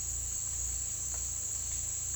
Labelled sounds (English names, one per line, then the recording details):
none
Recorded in dense forest near Puerto Asís, Putumayo, Colombia, on 18 December 2024 at 09:30
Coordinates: 0.486, -76.317
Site G003